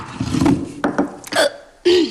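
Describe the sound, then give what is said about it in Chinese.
A run of about four short, voiced burps after a full meal of cornmeal porridge, with a hiccup-like catch, each a brief throaty gulp that bends in pitch, fairly loud and spaced unevenly, with no talking. “这次是饱嗝，一次也不能吃太饱，有个七八分饱就行了。”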